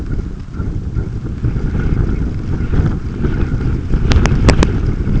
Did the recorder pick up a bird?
no